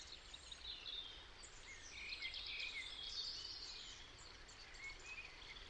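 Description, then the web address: European robin song, thin high warbling phrases with quick trills and slurred notes, somewhat faint against a steady hiss of background noise. "Deverinetal 2025 File origin Bird Only Er Ru"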